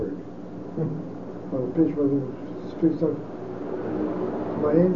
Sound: traffic noises

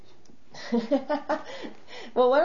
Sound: she laughs

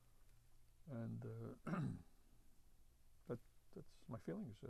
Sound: he clears his throat

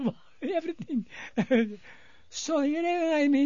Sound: he laughs

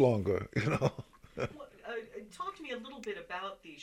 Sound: he laughs

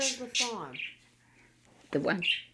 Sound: bird chirping

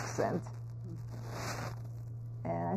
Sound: crackling noise continues

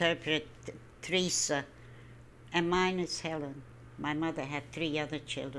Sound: none

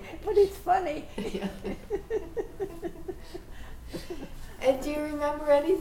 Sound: laughs

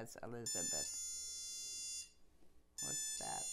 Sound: beeping sound

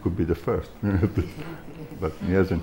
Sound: laughs

